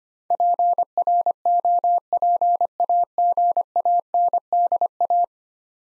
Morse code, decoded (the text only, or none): PROPAGANDA